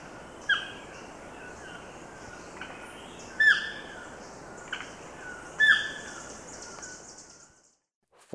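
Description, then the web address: Chestnut-tipped toucanet giving several sharp, nasal, falling notes a few seconds apart over a low hiss, then a brief click at the end. Ecuador. "Birds of Ecuador. Chestnut-tipped Toucanet"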